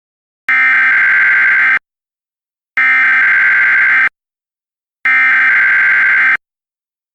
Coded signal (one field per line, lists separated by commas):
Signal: Emergency Alert System (SAME) tones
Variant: header bursts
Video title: EAS in Games - Legend of the Red Dragon